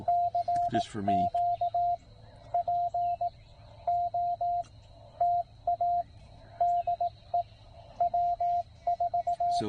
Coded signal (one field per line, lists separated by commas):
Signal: Morse code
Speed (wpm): 18 wpm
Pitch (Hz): 700 Hz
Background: speech, radio noise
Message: CQ POTA DE W4